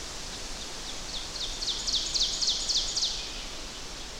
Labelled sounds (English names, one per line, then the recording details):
Ovenbird song
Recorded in boreal forest in Alberta, Canada, on 10 June 2016 at 06:54
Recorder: SongMeter 3, array SBT-3-39
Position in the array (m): 195 m, 89 m
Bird 17